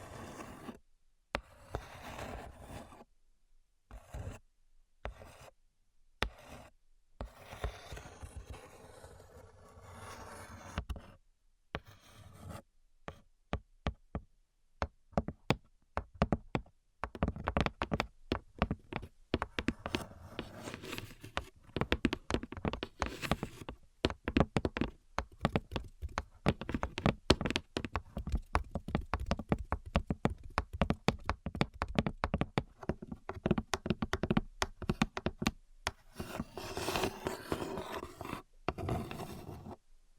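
Irregular tapping and scratching with short gaps of silence between bursts. Early on the sounds come in sparse clusters, then from about fifteen seconds they grow denser, with quick knocks and scrapes crowding together, easing slightly near the end.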